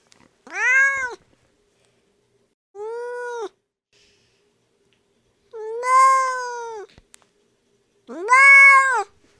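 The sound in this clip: Bobcat distress call: four short, yowling cries, each rising then falling, come roughly every two to three seconds and vary in loudness.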